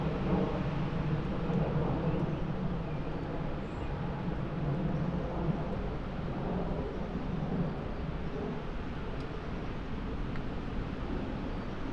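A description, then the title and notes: Tall trees murmur below a lonely Peak District moor, their sound a steady, dense rush with a deep rumble underneath. The level hardly changes, only gentle swells come and go, and a few faint ticks sit high above the wash. Moorland forest mid winter gales. To be half way up a lonely Peak District moor, off the puddled track, looking down, into a mixed plantation of tall murmuring trees. Scots pine and spruce. Away from the holly tree, and the microphone box that we carefully tied and angled, so it could be an ear witness of this forest, in winter gales, before the storm.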